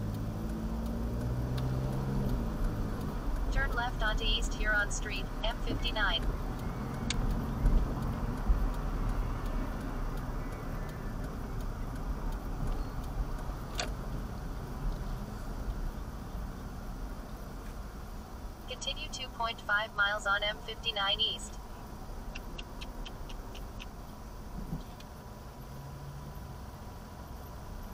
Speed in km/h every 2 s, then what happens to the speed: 15, 21, 18, 18, 19, 15, 13, 11, 5, 0, 0, 0, 0, 0.
0-2 speeds up to 21. 2-8 steady at about 18. 8-17 slows to 0. 17-28 standing.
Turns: 6-12.